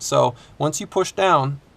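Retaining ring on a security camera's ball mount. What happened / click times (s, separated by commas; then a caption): Part handled, not yet seated: no locking click heard / none. A man talks while handling the retaining ring on the ball mount of a Reolink RLC-420 security camera, pushing the ring back down onto the ball mount. Only speech is heard; the ring has not locked or seated yet.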